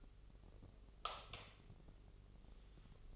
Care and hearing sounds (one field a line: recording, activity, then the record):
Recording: daily activity, microphone in the room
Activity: light off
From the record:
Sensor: 4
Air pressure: 996.0 hPa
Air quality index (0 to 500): 62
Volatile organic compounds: 2 ppm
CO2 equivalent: 1097 ppm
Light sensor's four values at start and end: 18/45/17/18 and 15/34/13/13